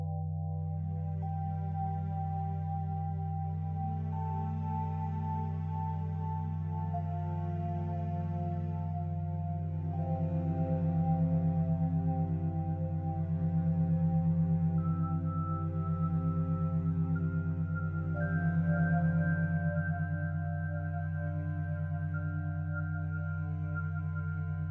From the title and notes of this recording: Singing Sound Bowls. The reverberating sounds of the healing sound bowls.